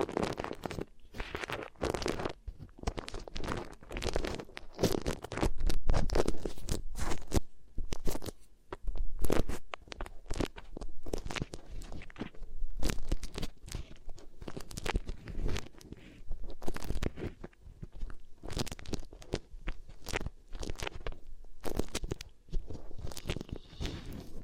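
Beeswax being worked in crackling, crunchy bursts, packed densely and irregularly through the whole 24 seconds. The sharp crinkles and snaps come in quick clusters with short quieter gaps between them, and soft low rustling sits underneath.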